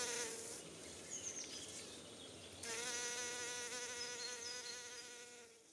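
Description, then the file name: Bee buzzing in a droning hum that grows louder partway through and fades at the end, over a hissing background. Near Cologne, Germany. "Bee sounds near Cologne, Germany - reinsamba"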